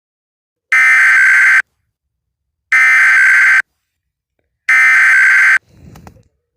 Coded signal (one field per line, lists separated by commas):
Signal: Emergency Alert System (SAME) tones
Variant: header bursts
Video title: EAS Scenario 1 Blizzard In New York City